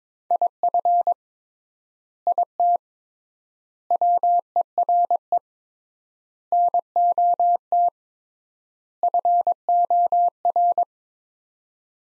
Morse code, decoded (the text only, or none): IF IT WERE NOT FOR